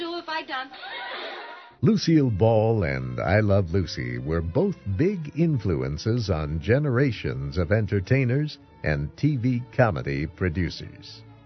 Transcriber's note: imitating Ricky's Cuban accent